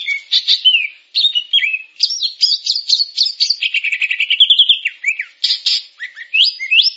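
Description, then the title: Grey-cheeked bulbul song: a fast, continuous run of varied chirps, slurred whistles and buzzy trills, with a rising rapid trill in the middle and no other sounds. "Kicau Burung Cucak Jenggot"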